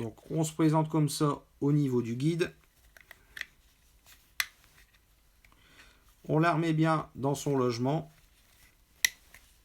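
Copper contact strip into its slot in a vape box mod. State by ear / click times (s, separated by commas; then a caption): seated / 9.1 s. A copper contact strip is pushed back along its guide into its slot in a squonk vape box mod. Someone talks, and small clicks and taps are heard, including a sharp one at 4.4 s. A crisp clip at 9.1 s marks the strip seating, after which it no longer moves.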